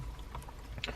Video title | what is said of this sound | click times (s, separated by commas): 2013-2020 Ford Fusion - Airbag Steering Wheel Replacement | You press that in until it locks in place. | 0.8 s